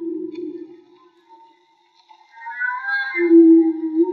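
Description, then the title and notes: Whale song: a low held tone fades to near silence, then higher wavering notes rise and a strong low moan returns at the end. Whale song, field recording made underwater with homemade DIY hydrophones; audio later cleaned. "CANTO DE BALLENAS MAGMA. Grabación de campo y construcción dehidrofonos DIY: Jorge Barco"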